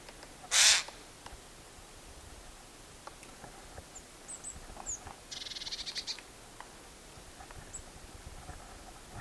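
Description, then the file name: Eurasian jay uttering one loud, hoarse screech early on, followed by quieter scattered ticks and a short rapid chattering series from a bird. "Garrulus glandarius"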